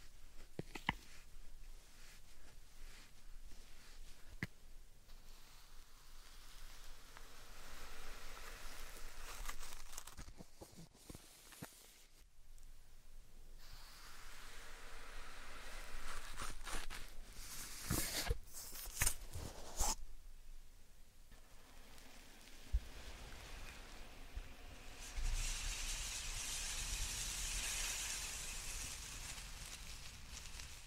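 Slime and sand being handled, with a steady run of soft squishing, crackling and gritty rustling textures. Several sharper pops and squelches stand out, especially around 11, 18 and 20 seconds. A bright, hissy stretch of grainy sand sounds fills the last several seconds.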